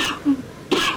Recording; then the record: coughing mixed with background sound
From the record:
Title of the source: 64 coughing, allergies, singing lungs